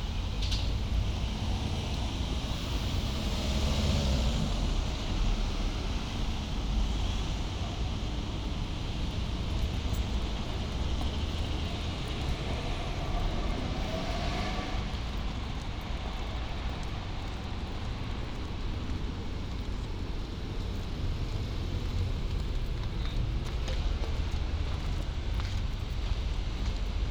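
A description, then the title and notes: A walk in University Parks, carried on a steady, dense wash of traffic rumble that holds an even level throughout. Low tones dominate, a passing vehicle swells around 14 seconds, and faint high chirps flicker between about 15 and 20 seconds. Walking in University Parks. From the back gate at St Anne’s College, in through North Gate, and along North Walk to Lazenbee’s Ground Walk, in the middle of North Walk.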